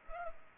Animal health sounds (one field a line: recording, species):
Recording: mosquito wingbeat signal from an infrared sensor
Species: Culex pipiens